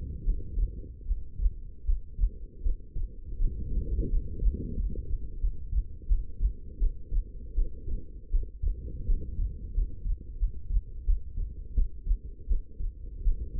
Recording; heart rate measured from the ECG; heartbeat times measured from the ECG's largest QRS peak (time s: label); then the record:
heart sounds by stethoscope; 83 bpm
0.24 s: heartbeat
1.06 s: heartbeat
1.85 s: heartbeat
2.62 s: heartbeat
3.37 s: heartbeat
4.09 s: heartbeat
4.76 s: heartbeat
5.40 s: heartbeat
6.07 s: heartbeat
6.79 s: heartbeat
7.54 s: heartbeat
8.30 s: heartbeat
9.06 s: heartbeat
9.74 s: heartbeat
10.38 s: heartbeat
11.05 s: heartbeat
11.74 s: heartbeat
12.47 s: heartbeat
13.23 s: heartbeat
From the record:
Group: healthy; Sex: female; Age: 19 years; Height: 163 cm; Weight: 51 kg